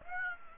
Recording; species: mosquito wingbeat signal from an infrared sensor; Aedes aegypti